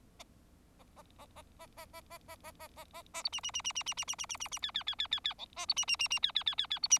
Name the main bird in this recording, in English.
Bengalese Finch